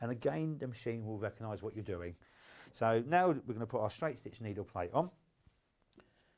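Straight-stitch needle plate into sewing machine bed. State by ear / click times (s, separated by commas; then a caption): seated / 5.9 s, 6.0 s. A metal straight-stitch needle plate is fitted onto a sewing machine bed, going in on the left-hand side first and then pressed down until it seats. Someone talks for the first five seconds, then two short clicks at 5.9 s and 6.0 s mark the plate clicking into place. The machine recognises the plate.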